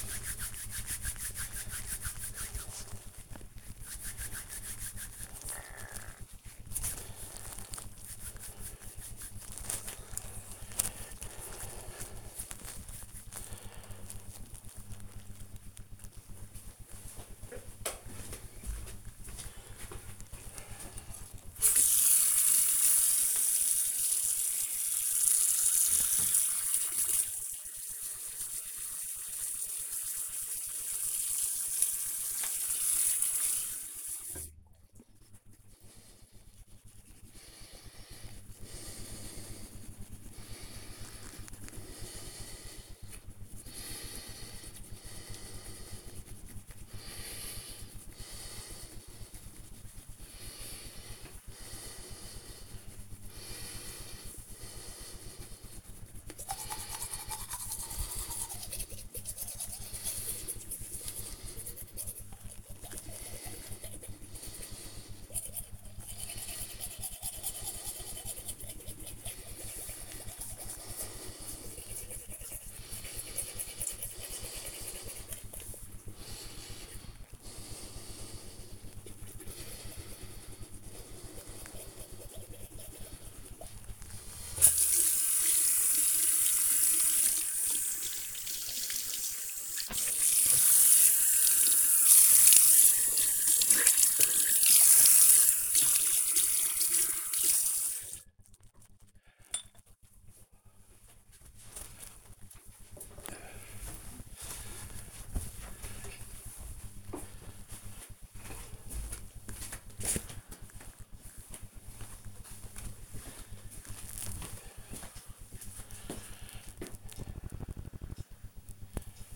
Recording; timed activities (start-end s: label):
household activities, microphone on the right wrist
0.00-12.96 s: cream hands
21.04-97.61 s: brushing teeth